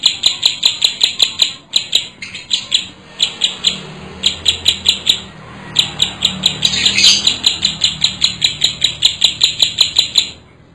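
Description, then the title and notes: Bar-winged prinia song: sharp, high chirping notes repeated rapidly in steady runs with short gaps and a busier squeaky burst midway. Vigorously singing (gacor) birds together with young birds. "Kicau Ciblek. putri sherin. kumpulan suara burung ciblek gacor dan anakan"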